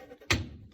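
An evaporative system integrity module (ESIM) on a gasoline Ram Promaster is pushed into its mounting bracket at about a 45-degree angle and turned clockwise until its bottom tab locks. After a quiet stretch, a single sharp, loud click with a low thump lands at 0.3 s and fades over the next few tenths of a second. The module is seated and locked in place.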